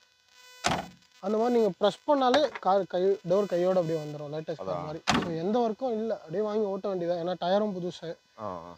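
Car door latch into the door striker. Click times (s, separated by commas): 0.7 s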